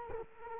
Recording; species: mosquito wingbeat signal from an infrared sensor; Culex quinquefasciatus